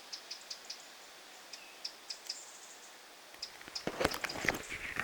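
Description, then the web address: Eurasian wren calls: high, dry ticks repeated at uneven intervals, followed by loud rustling and crackling for the final seconds. A family group: one parent and at least five young, recorded 9 August 2026. "9 8 2026 peukaloinen pesue emo ja ainakin viisi poikasta"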